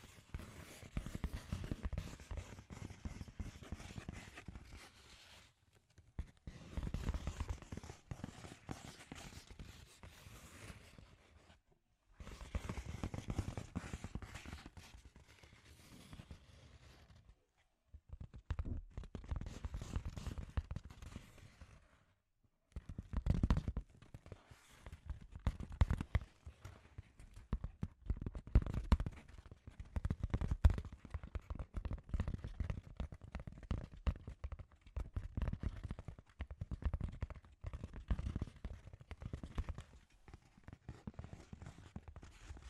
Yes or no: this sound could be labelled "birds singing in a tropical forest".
no